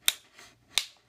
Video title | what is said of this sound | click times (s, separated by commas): Legendary morpher and MMPR key pack 1 review and Saban rants | that click before you take out the key cuz if not it's going to be a ha trying to get your keys out | 0.1 s, 0.8 s